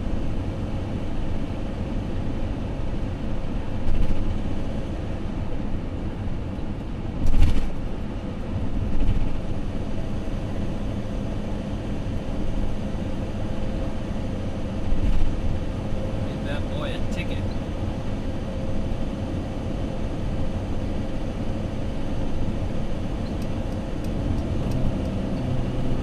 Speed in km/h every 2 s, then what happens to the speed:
98, 97, 97, 93, 93, 95, 95, 97, 97, 98, 100, 100, 101.
0-26 steady at about 97.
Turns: none.